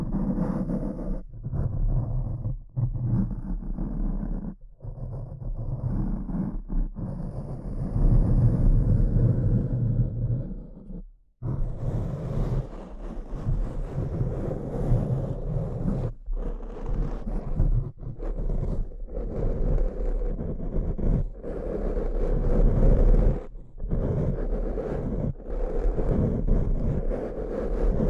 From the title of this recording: Tapping & Scratching